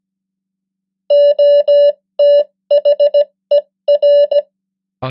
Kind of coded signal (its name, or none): Morse code